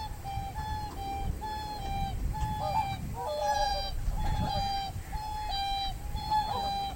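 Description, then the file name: Whooper swan calls: repeated nasal trumpeting honks, several birds overlapping, some wavering, over a steady low rumble. "oohakutyou"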